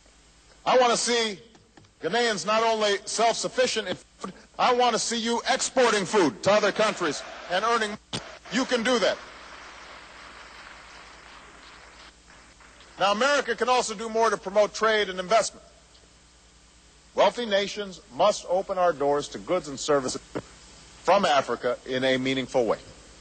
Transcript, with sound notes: I want to see Ghanaians not only self-sufficient in food, I want to see you exporting food to other countries and earning money. You can do that. (Applause.)
Now, America can also do more to promote trade and investment. Wealthy nations must open our doors to goods and services from Africa in a meaningful way.